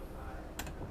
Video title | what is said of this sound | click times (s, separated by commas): 2025 Grand Design Lineage M-Class - Grand Design RV's FIRST MOTORHOME! | there's your third click you can you can roll that down | 0.6 s